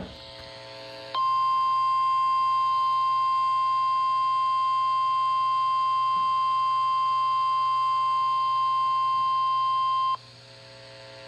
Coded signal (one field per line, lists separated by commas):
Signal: Emergency Alert System (SAME) tones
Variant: 1050 Hz attention tone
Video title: NOAA Weather Radio Weekly Test sent as Coastal Flood Warning